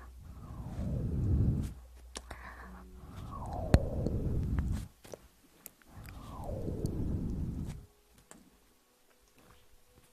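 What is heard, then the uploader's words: Ear eating: three long, muffled, rumbling bursts of mouth sound, each starting with a brief higher whoosh that slides downward into a low, wet rustle. Between the bursts come short gaps with sharp little clicks and smacks, and the clip ends on near-silence. Relaxing Ear Eating.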